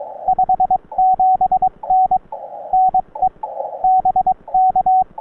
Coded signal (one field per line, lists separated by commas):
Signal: Morse code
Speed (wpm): 22 wpm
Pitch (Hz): 750 Hz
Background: radio noise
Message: 57N NE BK